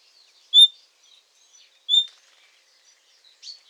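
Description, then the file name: Common nightingale calls: two loud, thin whistles a little over a second apart, then a softer note. "Luscinia megarhynchos"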